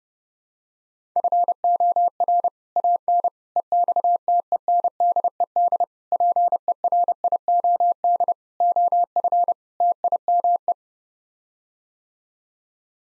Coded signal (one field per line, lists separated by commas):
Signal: Morse code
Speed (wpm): 30 wpm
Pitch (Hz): 700 Hz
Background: none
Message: FOR AN EXTENDED PERIOD OF TIME